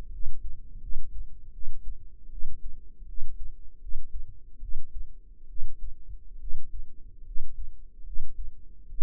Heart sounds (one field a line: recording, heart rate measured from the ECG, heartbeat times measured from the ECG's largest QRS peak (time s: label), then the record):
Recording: heart sounds by microphone in the right ear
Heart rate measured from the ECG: 75 bpm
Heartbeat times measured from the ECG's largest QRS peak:
0.11 s: heartbeat
0.81 s: heartbeat
1.52 s: heartbeat
2.30 s: heartbeat
3.06 s: heartbeat
3.80 s: heartbeat
4.60 s: heartbeat
5.47 s: heartbeat
6.39 s: heartbeat
7.24 s: heartbeat
8.04 s: heartbeat
8.89 s: heartbeat
From the record:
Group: healthy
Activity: rest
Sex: female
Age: 22 years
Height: 160 cm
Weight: 45 kg